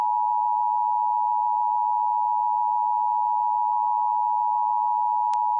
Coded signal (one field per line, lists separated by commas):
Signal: Emergency Alert System (SAME) tones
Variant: 853 and 960 Hz attention tone